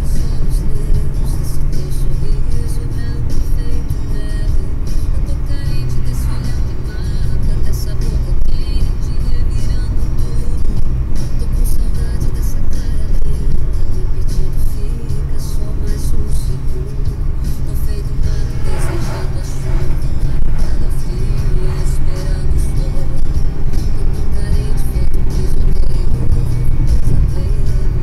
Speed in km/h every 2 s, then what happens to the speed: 93, 94, 97, 99, 99, 99, 95, 91, 91, 91, 92, 96, 99, 98.
0-10 speeds up to 99. 10-14 slows to 91. 14-19 steady at about 91. 19-28 speeds up to 98.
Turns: none.